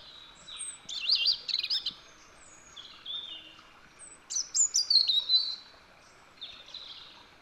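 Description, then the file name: European robin delivering wavering, high-pitched warbles and thin descending whistles in several quick phrases with short silences between them. "Erithacus rubecula"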